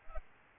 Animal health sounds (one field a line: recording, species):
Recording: mosquito wingbeat signal from an infrared sensor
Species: Aedes albopictus